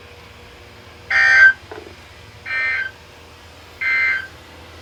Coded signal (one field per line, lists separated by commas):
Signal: Emergency Alert System (SAME) tones